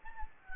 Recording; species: mosquito wingbeat signal from an infrared sensor; Anopheles gambiae